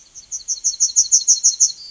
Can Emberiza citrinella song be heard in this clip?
yes